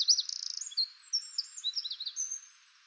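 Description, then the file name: Eurasian wren song, softer, with a quick burst of high notes followed by scattered thin whistles and short trills that fade out. "Troglodytes troglodytes"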